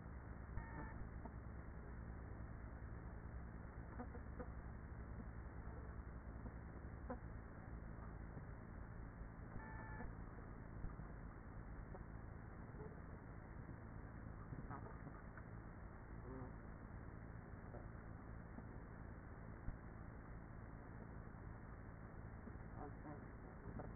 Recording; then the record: honeybee colony, microphone inside the hive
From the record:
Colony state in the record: queenless with a low population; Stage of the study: after two queens were removed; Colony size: about 30,000 bees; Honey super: no